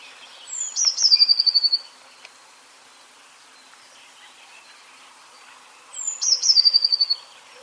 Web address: ljud Cyanistes